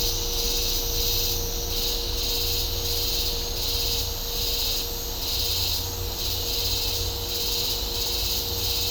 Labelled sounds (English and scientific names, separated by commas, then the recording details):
none
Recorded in dense forest near Puerto Asís, Putumayo, Colombia, on 22 December 2024 at 08:30
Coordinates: 0.503, -76.323
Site G043